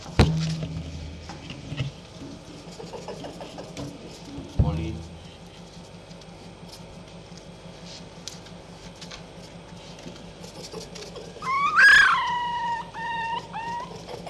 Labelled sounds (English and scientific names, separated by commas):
Red Fox (Vulpes vulpes)